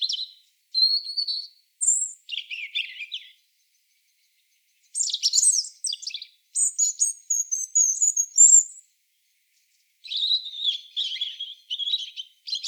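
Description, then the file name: European robin delivering short, sweet whistled phrases, then a longer burst of rapid high twittering, and a final wavering trill after a pause. "Erithacus rubecula"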